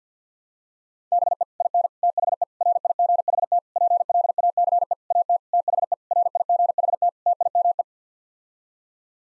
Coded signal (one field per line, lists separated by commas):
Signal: Morse code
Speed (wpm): 50 wpm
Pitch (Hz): 700 Hz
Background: none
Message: BE IN THE RIGHT PLACE AT THE RIGHT TIME